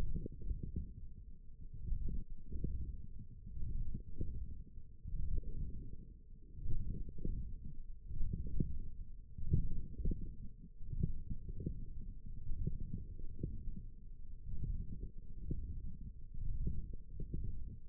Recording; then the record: forearm muscle sounds (acoustic myography)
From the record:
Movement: forearm pronation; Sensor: system 1, eight BSWA MPA416 microphones around the upper forearm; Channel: 4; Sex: male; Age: 21 years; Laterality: right